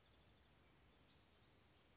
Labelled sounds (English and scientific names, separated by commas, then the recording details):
Blue-gray Gnatcatcher (Polioptila caerulea)
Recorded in Sonoma County, California